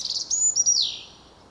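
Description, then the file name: European robin singing a brief, very high phrase of clear whistles that ends in a falling, fading sweep. "Erithacus rubecula"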